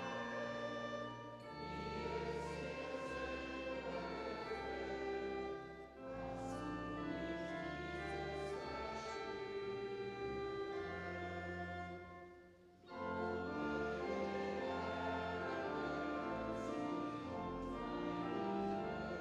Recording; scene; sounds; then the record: everyday scene through a hearing-aid microphone; reverberant space; music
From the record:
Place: church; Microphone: in the ear canal, right